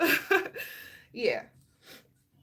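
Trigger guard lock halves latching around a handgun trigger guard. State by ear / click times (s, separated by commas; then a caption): not seated / none. Two halves of a trigger guard lock are handled on either side of an unloaded handgun's trigger guard after a first try that did not lock, while someone talks. The clip ends before the halves go home, and nothing has latched or clicked yet.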